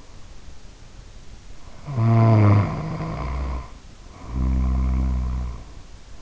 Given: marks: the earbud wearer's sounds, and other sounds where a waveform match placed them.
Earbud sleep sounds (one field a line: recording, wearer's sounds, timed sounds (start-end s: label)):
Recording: sounds in sleep by an in-ear microphone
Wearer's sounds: snoring breath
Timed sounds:
1.62-5.76 s: snoring breath